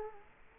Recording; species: mosquito wingbeat signal from an infrared sensor; Culex quinquefasciatus